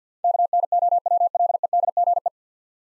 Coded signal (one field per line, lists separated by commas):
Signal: Morse code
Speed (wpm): 50 wpm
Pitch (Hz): 700 Hz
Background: none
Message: KNOWLEDGE